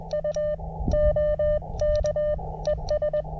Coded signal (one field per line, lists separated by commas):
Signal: Morse code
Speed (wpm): 21 wpm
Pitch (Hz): 590 Hz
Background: none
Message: U OK ES